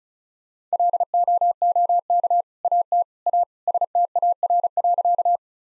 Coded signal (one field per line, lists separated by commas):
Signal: Morse code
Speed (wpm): 36 wpm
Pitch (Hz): 700 Hz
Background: none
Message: LOOK AT A STAR.